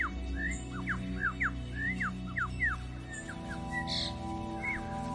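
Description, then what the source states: Superb lyrebird song: a fast run of clear whistled notes sliding up and down, crowded together at first, then sparser high notes, over a steady low hum. Male singing to lure females close enough to admire his plumage.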